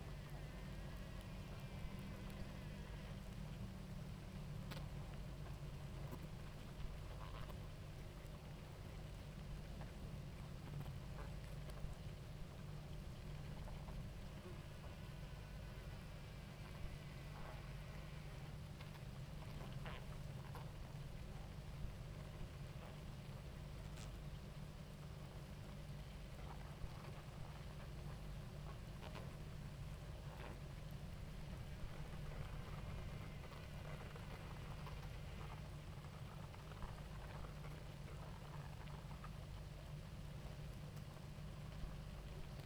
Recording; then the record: honeybee colony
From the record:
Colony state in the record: active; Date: 28 July 2017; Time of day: 18:43